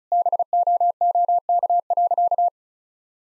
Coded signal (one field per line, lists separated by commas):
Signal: Morse code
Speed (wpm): 34 wpm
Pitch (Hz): 700 Hz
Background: none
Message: BOOK.